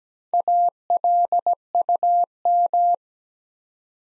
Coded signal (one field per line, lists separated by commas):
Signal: Morse code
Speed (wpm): 17 wpm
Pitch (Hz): 700 Hz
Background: none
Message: ALUM